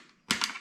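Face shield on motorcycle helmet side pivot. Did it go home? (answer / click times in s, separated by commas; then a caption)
released / 0.3 s. A plastic face shield on a motorcycle helmet's side pivot is rolled downward until the pivot mechanism gives a sharp click at 0.3 s, followed by a fainter snap about 0.44 s. The shield pops free of its pivot and releases from the helmet.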